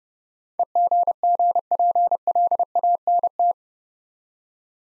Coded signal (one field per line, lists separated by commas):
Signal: Morse code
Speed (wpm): 29 wpm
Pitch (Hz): 700 Hz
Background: none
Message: EGGPLANT